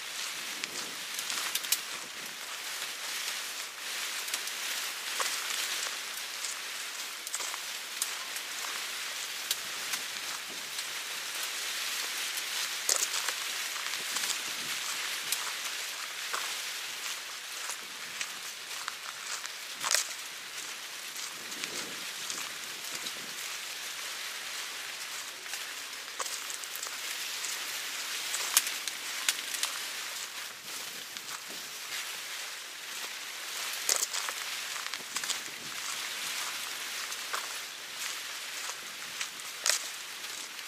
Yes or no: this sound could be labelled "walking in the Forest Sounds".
yes